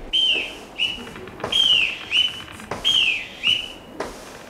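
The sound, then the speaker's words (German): A shrill boatswain's pipe whistle on board a ship, calling the deck crew to scrub the deck, sounds in repeated high-pitched calls, each holding a piercing tone before trilling and swooping downward, the pattern recurring about three times with brief gaps. “Deckscheuer nach der Pfeife des Bootsmannes.”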